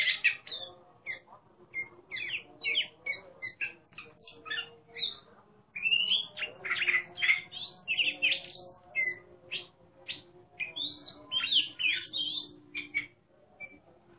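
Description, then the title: Oriental magpie-robin song, a long, busy string of harsh chatter and bright whistled notes with barely any gaps. Competition songbird described as a national champion, singing in ngeplong style, in full voice (gacor). "burung berkicau Kacer Ngeplong gacor Juara Nasional. burung Kacer"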